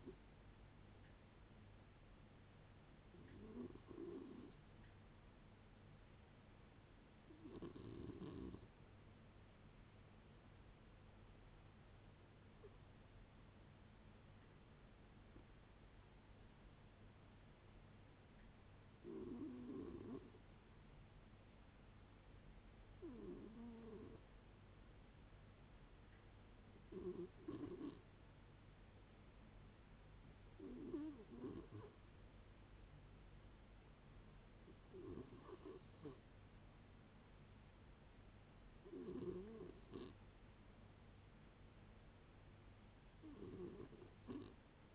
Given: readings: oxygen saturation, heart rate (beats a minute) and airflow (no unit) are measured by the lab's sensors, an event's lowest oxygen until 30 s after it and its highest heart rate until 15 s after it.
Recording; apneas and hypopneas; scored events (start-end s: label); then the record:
a person awake in a sleep study, by a voice recorder at the bedside; none
0.00-44.95 s: awake
0.00-44.95 s: awake
From the record:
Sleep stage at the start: awake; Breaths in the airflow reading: 14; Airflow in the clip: -0.6 to 0.7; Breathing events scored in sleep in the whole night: 496 in 5.4 hours asleep